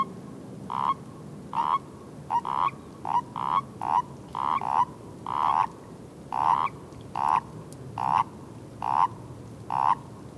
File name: Erdkroete Paarungsruf